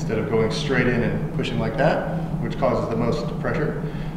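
A GoPro camera housing door is handled and angled to hook into the housing heel to toe, rather than pushed straight in, while a man talks throughout. The clip ends before the door pops and locks in place, so nothing has seated or clicked yet.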